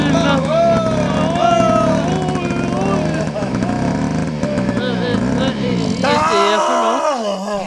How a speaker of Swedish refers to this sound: Men det är en moped. En härlig moped. Vilken ball.